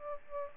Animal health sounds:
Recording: mosquito wingbeat signal from an infrared sensor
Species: Aedes aegypti

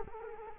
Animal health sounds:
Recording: mosquito wingbeat signal from an infrared sensor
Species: Culex quinquefasciatus

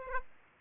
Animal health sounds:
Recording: mosquito wingbeat signal from an infrared sensor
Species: Aedes aegypti

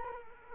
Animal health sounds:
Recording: mosquito wingbeat signal from an infrared sensor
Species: Culex quinquefasciatus

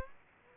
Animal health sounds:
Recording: mosquito wingbeat signal from an infrared sensor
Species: Aedes aegypti

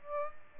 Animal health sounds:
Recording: mosquito wingbeat signal from an infrared sensor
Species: Aedes aegypti

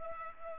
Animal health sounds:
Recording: mosquito wingbeat signal from an infrared sensor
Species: Culex pipiens

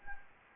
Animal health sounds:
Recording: mosquito wingbeat signal from an infrared sensor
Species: Anopheles gambiae

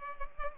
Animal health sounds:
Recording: mosquito wingbeat signal from an infrared sensor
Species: Culex pipiens

